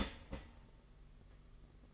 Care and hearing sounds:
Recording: daily activity, microphone in the room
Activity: start toaster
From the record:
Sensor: 4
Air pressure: 992.4 hPa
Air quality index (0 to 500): 144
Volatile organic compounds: 84 ppm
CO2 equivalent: 3636 ppm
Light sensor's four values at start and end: 18/62/23/23 and 18/62/23/23

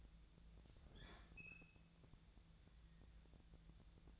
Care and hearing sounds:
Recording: daily activity, microphone in the room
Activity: open fridge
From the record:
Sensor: 3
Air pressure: 1000.0 hPa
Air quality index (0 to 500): 130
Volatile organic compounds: 2 ppm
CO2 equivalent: 1160 ppm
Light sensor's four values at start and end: 43/110/47/51 and 43/110/47/51

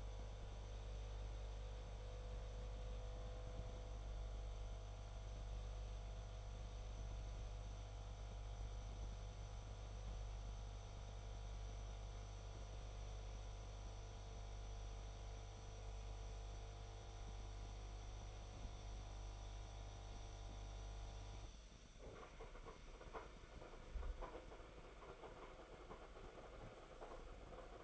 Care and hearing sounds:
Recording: daily activity, microphone in the room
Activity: make coffee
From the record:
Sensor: 5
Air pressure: 994.6 hPa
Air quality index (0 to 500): 179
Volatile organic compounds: 948 ppm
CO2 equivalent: 5242 ppm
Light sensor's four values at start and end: 45/138/54/59 and 46/141/55/61

